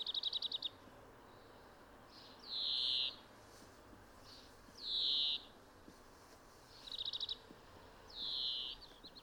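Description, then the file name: European greenfinch giving brief fast trills and drawn-out nasal wheezes, over quiet background hiss. "Chloris chloris"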